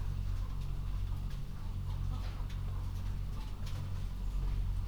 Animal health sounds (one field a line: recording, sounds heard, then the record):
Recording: poultry house recording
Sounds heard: healthy chickens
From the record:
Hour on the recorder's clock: 21